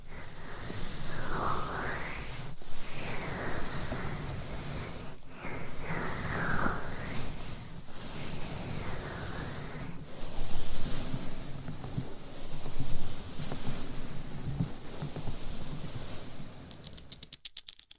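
Scratching, tapping and rubbing continue without a break, rough and dense, with strong low thumps under a hissy upper layer. Short dips fall at regular intervals about every two and a half seconds, like strokes being restarted. Near the end it thins and stops abruptly.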